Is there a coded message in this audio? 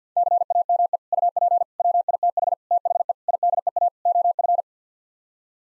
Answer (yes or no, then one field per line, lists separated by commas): yes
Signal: Morse code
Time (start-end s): 0.2-4.6 s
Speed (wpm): 49 wpm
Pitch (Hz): 700 Hz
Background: none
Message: CAME UP WITH THE IDEA OF